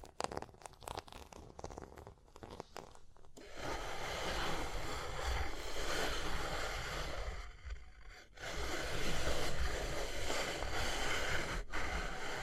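Quick, uneven tapping fills the first three seconds, then gives way to dense, continuous scratching that runs steadily to the end. The scratching briefly thins and stops just after eight seconds, then resumes louder, with one short break near twelve seconds.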